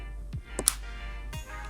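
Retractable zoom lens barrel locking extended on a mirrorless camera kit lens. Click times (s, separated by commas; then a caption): 0.7 s. The retractable kit zoom lens on a Canon EOS M50 mirrorless camera is twisted out after sliding its lens release button. A faint tick comes at 0.3 s and a small click at 0.6 s, then a sharp, loud click at 0.7 s as the barrel locks into its extended, ready-to-shoot position. A soft low thump follows at 1.3 s over quiet background music.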